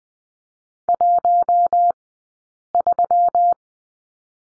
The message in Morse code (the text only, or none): 13